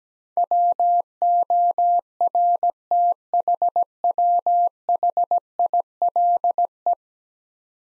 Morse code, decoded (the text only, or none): WORTHWHILE